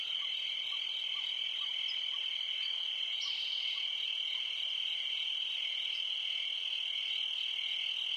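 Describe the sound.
Cricket chorus, a shrill unbroken high trill at a constant pitch, with scattered soft lower clicks and a brief brighter buzz near three seconds.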